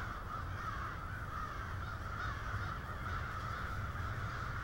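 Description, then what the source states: Many crows cawing at once, a steady blended chorus of harsh calls with no pauses, over a low background rumble. Several crows.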